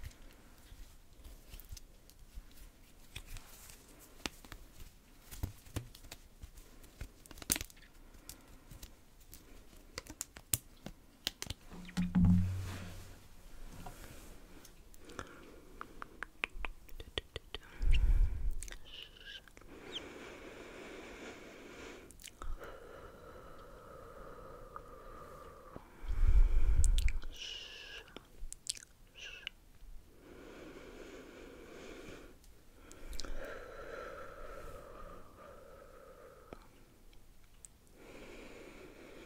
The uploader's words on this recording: ASMR Comforting You With Personal Attention NO TALKING Face Brushing, Hair Combing etc.